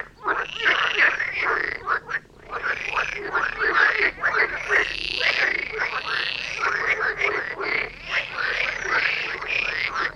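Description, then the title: Dense frog chorus, an almost unbroken wash of overlapping croaks from many frogs. Chorus of frogs near Vellerner Brook in Neubeckum, at 2 pm; stereo recording. "Frog concert near Vellerner Brook in Neubeckum - 2pm"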